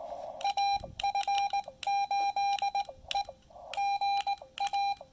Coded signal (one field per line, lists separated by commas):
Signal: Morse code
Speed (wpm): 19 wpm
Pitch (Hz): 800 Hz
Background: none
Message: AF8E GA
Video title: POTA Field Report: Attempting to deplete the Xiegu X5105 internal battery at Lake Norman